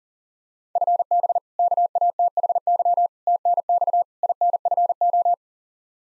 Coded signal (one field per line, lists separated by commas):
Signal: Morse code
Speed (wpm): 37 wpm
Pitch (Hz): 700 Hz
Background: none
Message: FB KATHY TNX INFO